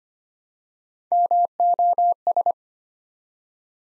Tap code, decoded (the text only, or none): none